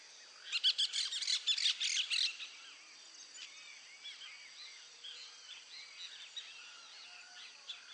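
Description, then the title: Cattle tyrant delivering a rapid, sputtering burst of high notes lasting under two seconds, then a quieter backdrop of many chirping birds. "LuckyPassaro Completos2Sama. Cattle Tyrant (Machetornis rixosa)"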